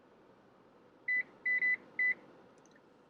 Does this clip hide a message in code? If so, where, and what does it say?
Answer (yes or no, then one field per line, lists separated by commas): no